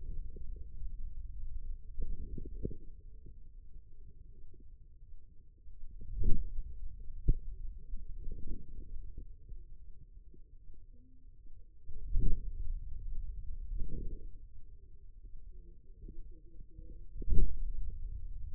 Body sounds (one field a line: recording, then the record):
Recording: forearm muscle sounds (acoustic myography)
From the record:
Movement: hand closing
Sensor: system 2, bracelet of six BSWA MPA416 microphones around the upper forearm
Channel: 3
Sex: female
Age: 25 years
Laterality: right